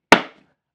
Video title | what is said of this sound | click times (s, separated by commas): Only 3D Printing Can Fix This - CAD Sketcher Design | perfectly into place it's a nice solid fit on and then I just click it in | 0.1 s